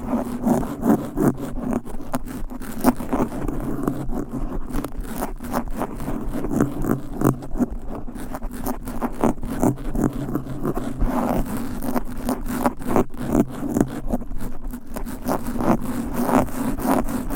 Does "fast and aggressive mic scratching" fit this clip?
yes